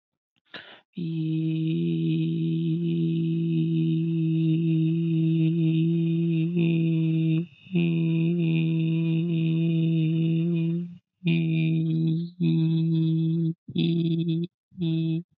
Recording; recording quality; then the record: sustained vowel as in beet; excellent, no background noise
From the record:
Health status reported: healthy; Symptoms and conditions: none ticked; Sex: male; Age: 19 years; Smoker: not ticked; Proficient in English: yes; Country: India